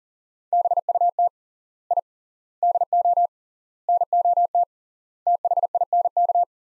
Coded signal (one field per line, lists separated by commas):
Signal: Morse code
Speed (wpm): 38 wpm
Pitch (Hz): 700 Hz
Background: none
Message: BUT I DO NOT THINK